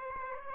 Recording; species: mosquito wingbeat signal from an infrared sensor; Aedes aegypti